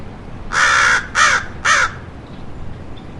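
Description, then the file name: American crow giving three loud, harsh caws, the first longest, each a rough nasal burst with brief gaps between them. "American Crow Corvus brachyrhynchos"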